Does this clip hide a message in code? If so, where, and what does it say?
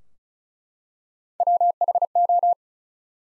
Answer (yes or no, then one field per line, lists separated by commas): yes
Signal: Morse code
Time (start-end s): 1.4-2.5 s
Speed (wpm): 34 wpm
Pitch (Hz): 700 Hz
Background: none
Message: WHO